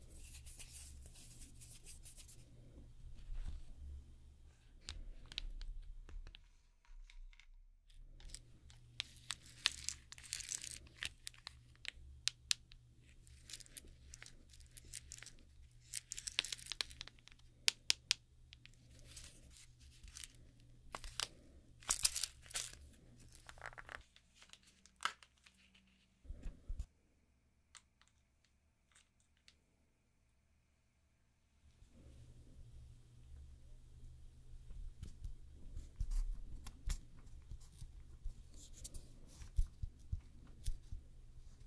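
Nail extension and gel nail work, a run of quick scratchy filing strokes, crinkles and small taps over a steady low hum. The hum drops out briefly near seven seconds and again from about 24 to 32 seconds, when the handling becomes sparse before resuming.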